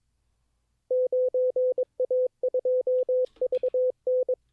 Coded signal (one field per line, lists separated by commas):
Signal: Morse code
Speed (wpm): 22 wpm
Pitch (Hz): 510 Hz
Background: none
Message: 9A2VN